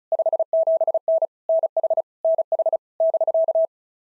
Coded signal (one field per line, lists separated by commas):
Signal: Morse code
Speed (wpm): 33 wpm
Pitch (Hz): 650 Hz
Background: none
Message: 57N NH NH <BK>